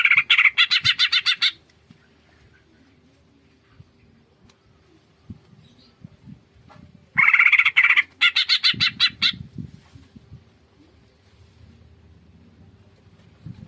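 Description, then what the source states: Greater green leafbird producing two short bursts of rapid, rasping pulsed chatter separated by several seconds of quiet with faint low rumbling. Bird-training masteran and pancingan (lure) recording of a gacor (actively singing) bird.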